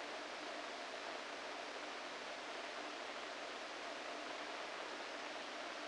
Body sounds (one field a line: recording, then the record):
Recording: brain microelectrode recording played as sound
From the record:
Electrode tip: inside the subthalamic nucleus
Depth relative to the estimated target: -2 mm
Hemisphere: right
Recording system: NeuroSet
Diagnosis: Parkinson's disease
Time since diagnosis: 14 years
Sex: male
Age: 51 years